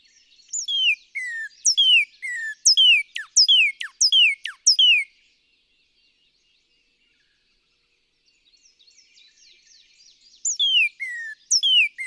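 Northern cardinal song of ringing down-slurred whistles delivered in a fast string, a quiet gap with soft high chatter, then the whistled series resumes.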